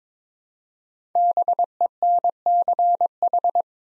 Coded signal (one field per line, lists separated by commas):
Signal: Morse code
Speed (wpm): 22 wpm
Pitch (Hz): 700 Hz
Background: none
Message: BENCH